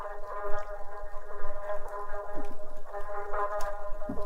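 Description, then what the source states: Fish school chorus: a dense, steady drone of stacked harmonic tones, with brief low thumps and knocks scattered through it. Massive school of fish recently recorded in Thailand; individual fish could be heard clearly, apparently following one leader fish.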